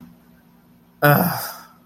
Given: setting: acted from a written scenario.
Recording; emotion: vocal sound without words; disappointment